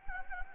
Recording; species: mosquito wingbeat signal from an infrared sensor; Anopheles gambiae